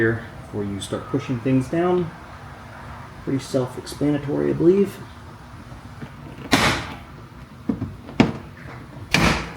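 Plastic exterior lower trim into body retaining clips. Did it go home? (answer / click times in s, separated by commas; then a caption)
yes / 8.2 s, 9.1 s. Someone talks while a paint-matched plastic lower trim piece on a BMW G80 M3 is pushed down onto its body retaining clips. After a broader rustling thud around 6.5 s, sharp snaps ring out at 8.2 s and 9.1 s as the lower trim clips click into place and the trim is seated.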